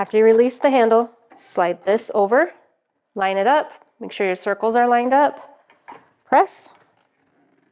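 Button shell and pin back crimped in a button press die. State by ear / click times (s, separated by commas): not seated / none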